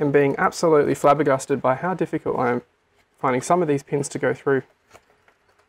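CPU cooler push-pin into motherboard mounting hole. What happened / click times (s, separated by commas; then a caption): Handled, not yet home: the plastic push pin has not clicked into place / none. Someone talks while pushing a black plastic CPU cooler push-pin into a motherboard mounting hole, then the talk stops and only faint, quiet handling ticks come at about 5.3 and 5.6 seconds. The pin has not clicked or seated yet when the clip ends.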